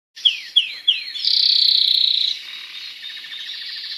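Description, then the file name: Spanish timbrado canary song opening with three falling whistled notes, then a loud sustained buzzy trill, fading into a softer rapid rattling phrase. "canto do canario raca espanhola"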